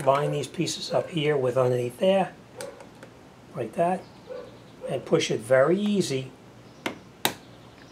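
A plastic keyhole cover is pushed gently back over the hidden key cylinder on a car door handle while someone talks. After the talking, two sharp clicks at 6.9 s and 7.3 s mark the cover snapping home, seated as if it had never been removed.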